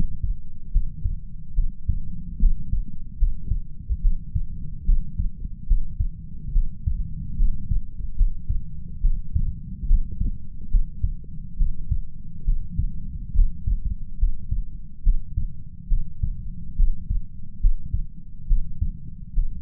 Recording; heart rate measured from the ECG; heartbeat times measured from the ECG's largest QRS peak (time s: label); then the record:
heart sounds by stethoscope; 71 bpm
0.70 s: heartbeat
1.53 s: heartbeat
2.38 s: heartbeat
3.17 s: heartbeat
4.00 s: heartbeat
4.84 s: heartbeat
5.65 s: heartbeat
6.51 s: heartbeat
7.35 s: heartbeat
8.15 s: heartbeat
9.00 s: heartbeat
9.85 s: heartbeat
10.69 s: heartbeat
11.56 s: heartbeat
12.43 s: heartbeat
13.33 s: heartbeat
14.17 s: heartbeat
15.01 s: heartbeat
15.87 s: heartbeat
16.75 s: heartbeat
17.59 s: heartbeat
18.46 s: heartbeat
19.33 s: heartbeat
From the record:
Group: healthy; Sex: female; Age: 26 years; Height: 165 cm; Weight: 55 kg